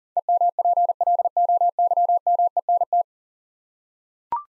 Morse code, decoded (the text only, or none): EMPLOYMENT